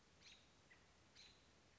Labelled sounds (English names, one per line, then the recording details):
American Robin
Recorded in Sonoma County, California